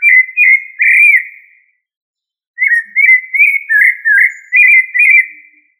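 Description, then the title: Thrush singing clear fluting notes, a short phrase then a pause, followed by a longer run of varied, slurred whistles. "Familia Turdidae - Sabia"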